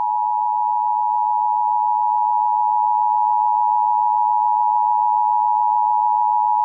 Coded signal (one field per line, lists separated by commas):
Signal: Emergency Alert System (SAME) tones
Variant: 853 and 960 Hz attention tone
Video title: (EAS #54)Orange County Required Monthly Test (RMT) On KOCI-FM (12/5/22)